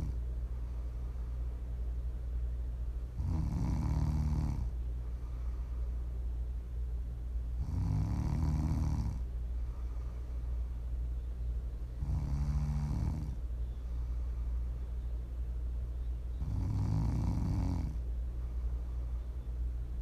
Prime ASMR snoring.